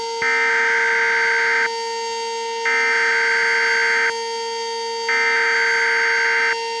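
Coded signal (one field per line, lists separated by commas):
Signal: Emergency Alert System (SAME) tones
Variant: header bursts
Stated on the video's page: Fictional EAS scenario, simulated.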